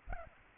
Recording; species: mosquito wingbeat signal from an infrared sensor; Aedes albopictus